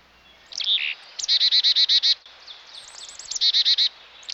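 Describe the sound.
Chickadee calls: a few high introductory notes, then a run of several buzzy dee notes, and a second series of high notes leading into a few more dee notes.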